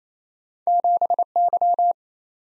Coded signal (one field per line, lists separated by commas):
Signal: Morse code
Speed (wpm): 28 wpm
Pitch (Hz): 700 Hz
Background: none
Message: 7Y